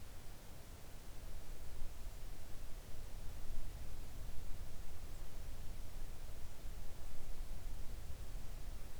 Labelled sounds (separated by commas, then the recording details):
near silence
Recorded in the Arctic National Wildlife Refuge, Alaska, on 3 August 2019 at 05:40
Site 41